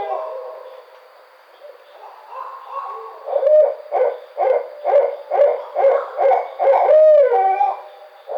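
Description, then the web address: Barred owl hooting in a rapid series of deep, throaty hoots, ending in a drawn-out, wavering hoot. Recorded on 5 June 2009. "Barred Owl 2009 06 05 Barred Owl 01"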